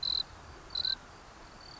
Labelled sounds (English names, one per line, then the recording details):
Mountain Quail
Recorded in Sonoma County, California